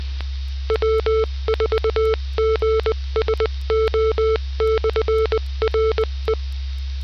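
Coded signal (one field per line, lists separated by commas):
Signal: Morse code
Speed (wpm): 20 wpm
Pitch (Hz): 440 Hz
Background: none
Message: W4GSO/RE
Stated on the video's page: Sunday night Tech Forum net on Morse code, received with a HackRF One using CubicSDR.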